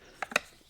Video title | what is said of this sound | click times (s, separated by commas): How to Remove a Mercedes Vito Rear Bumper (Step-by-Step DIY Guide) | Hear it click. | 0.2 s, 0.4 s